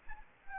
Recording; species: mosquito wingbeat signal from an infrared sensor; Anopheles arabiensis